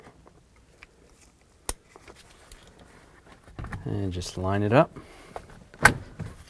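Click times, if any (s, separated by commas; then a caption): 5.9 s. A new program and source radio control switch for a 2000–2006 Chevy Tahoe is lined up and pushed onto the steering wheel while someone talks. Small taps and handling noises come first. A single sharp, loud snap at 5.9 s shows the switch clicking home and seated.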